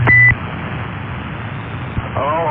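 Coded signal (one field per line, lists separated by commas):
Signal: roger beep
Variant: CB radio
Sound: one short high beep, then steady radio hiss and a hint of voice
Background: radio static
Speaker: I didn't know that that's pretty fancy he knows when he un keys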